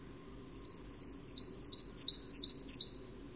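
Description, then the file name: Great tit delivering seven evenly spaced, piercing high double notes about a third of a second apart, with a faint low drone behind. "Parus major"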